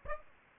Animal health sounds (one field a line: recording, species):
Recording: mosquito wingbeat signal from an infrared sensor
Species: Aedes aegypti